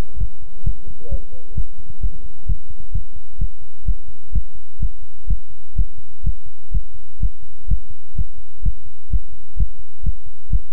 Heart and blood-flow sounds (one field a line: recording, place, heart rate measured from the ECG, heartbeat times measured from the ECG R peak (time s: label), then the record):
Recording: heart sounds by stethoscope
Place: between the tricuspid and mitral areas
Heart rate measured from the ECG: 128 bpm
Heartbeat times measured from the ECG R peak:
0.18 s: heartbeat
0.64 s: heartbeat
1.09 s: heartbeat
1.55 s: heartbeat
2.01 s: heartbeat
2.46 s: heartbeat
2.92 s: heartbeat
3.39 s: heartbeat
3.85 s: heartbeat
4.32 s: heartbeat
4.79 s: heartbeat
5.27 s: heartbeat
5.75 s: heartbeat
6.23 s: heartbeat
6.71 s: heartbeat
7.19 s: heartbeat
7.67 s: heartbeat
8.15 s: heartbeat
8.62 s: heartbeat
9.10 s: heartbeat
9.56 s: heartbeat
10.03 s: heartbeat
10.49 s: heartbeat
From the record:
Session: pedaling a stationary bicycle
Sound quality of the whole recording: good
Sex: male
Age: 24 years